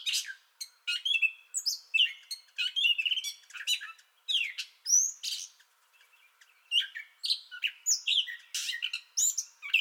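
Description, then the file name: Gray catbird song: a continuous jumble of varied squeaky, scratchy and whistled phrases, short notes tumbling in quick succession with brief pauses and no other clear sounds. Song bout already in progress when recording began; recorded 30 May 2021. "2021-05-30 Gray Catbird Song Bout Already Going"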